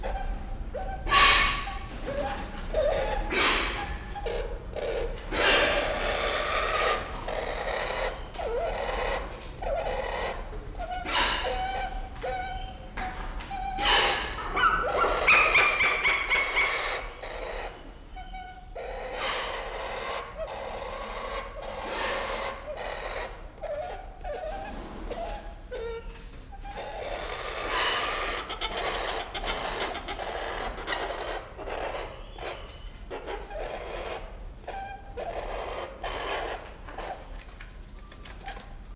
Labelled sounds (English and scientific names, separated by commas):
Malabar Pied Hornbill (Anthracoceros coronatus) call